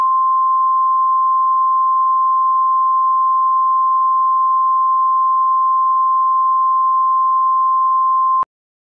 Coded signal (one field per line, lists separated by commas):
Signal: Emergency Alert System (SAME) tones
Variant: 1050 Hz attention tone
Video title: EAS Tornado Warning (Ripley, IN County)